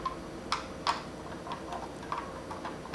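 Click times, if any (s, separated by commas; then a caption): none. The bottom plastic mounting piece from a Neewer ring light kit is handled against the outer ring of the ring light, producing a series of light, sharp ticks and taps, with the crispest at about 0.5 s and 3.0 s. Nothing has seated or clicked into place yet.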